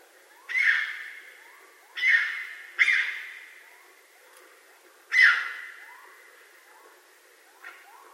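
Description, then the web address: Raccoon calls as rough, hoarse screeches repeated at uneven intervals, each trailing off, while soft rising chirps sound low in the background. Recorded 20 March 2012. "Raccoon 2012 03 20"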